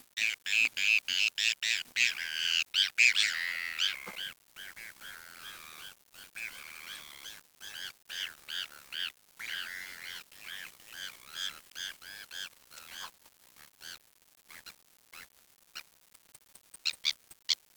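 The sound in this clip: Birds squawking in a harsh, dense chorus, loudest in the first four seconds, then thinning into short scattered calls, with the sound repeatedly broken by brief abrupt silences.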